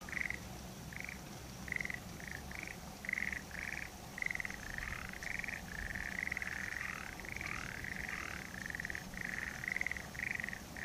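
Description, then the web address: Frogs giving short rattling pulsed bursts, several overlapping and wavering in pitch midway, over steady background noise. "kanakana kaeru"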